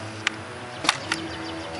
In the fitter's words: until they lock into place and just make sure they're both secure and then you